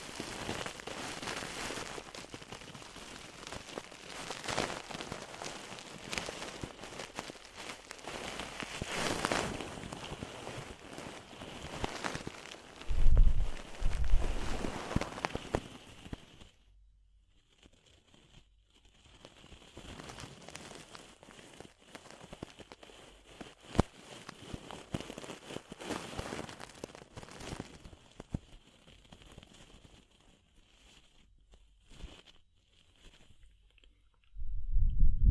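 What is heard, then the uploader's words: Ear cleaning sounds in a dense crackling, rustling texture that fills the first half, with louder scrapes and low thumps around 9 and 13–15 seconds. After about 17 seconds it drops to sparse, quieter crackles and brief clicks, then a loud low rub returns at the end. ASMR DEEP Ear Penetrating Cleaning (No Talking).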